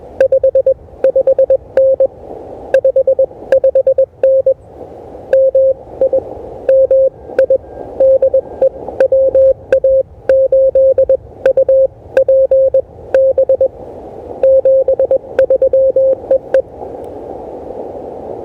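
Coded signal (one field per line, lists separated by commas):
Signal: Morse code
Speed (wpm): 21 wpm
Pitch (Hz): 530 Hz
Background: radio noise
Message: 55N 55N MI MI DE WA8UPB 73 EE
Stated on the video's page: 20 m POTA park activation at 16 WPM on an Elecraft KH1.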